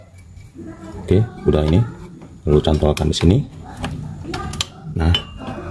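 A metal brake shoe hold-down spring and pin are pushed and turned into the backing plate of a rear drum brake while fitting the brake shoes, as someone talks. Brief sharp metallic ticks sound around 3.9, 4.3 and 4.6 s, but the pin has not yet locked and nothing has seated or clicked yet.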